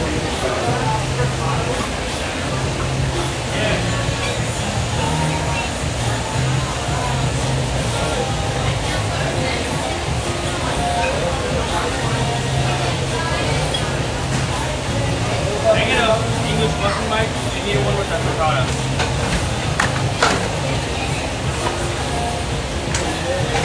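Restaurant kitchen in Phoenix during Sunday breakfast, with constant chatter, a low steady hum, and scattered clinks of dishes and utensils, sharper around sixteen seconds.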